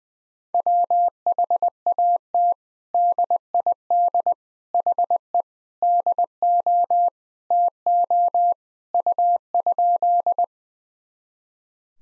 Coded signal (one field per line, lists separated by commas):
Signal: Morse code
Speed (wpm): 20 wpm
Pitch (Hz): 700 Hz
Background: none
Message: WHAT DID HE DO TO U?